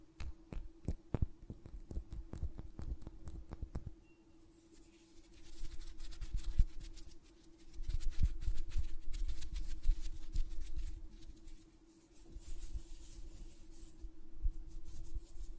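Hand sounds with nail tapping: for the first four seconds, quick sharp clicks come in an irregular rapid run. After that the taps give way to soft, fluttering rustles that swell and fade in uneven waves. A steady low hum runs underneath throughout.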